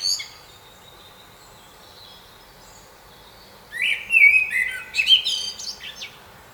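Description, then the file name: Common blackbird song phrase, a burst of warbled whistles near the end with high twittering, after a quiet stretch with a brief high squeak at the start. "Turdus merula"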